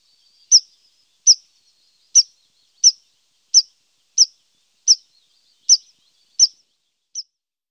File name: Pipit Des Arbres - Tree Pipit